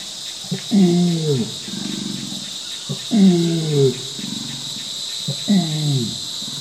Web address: orangutan longcall